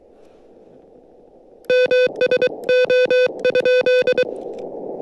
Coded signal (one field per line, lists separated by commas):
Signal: Morse code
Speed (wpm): 22 wpm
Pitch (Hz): 500 Hz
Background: none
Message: MSO?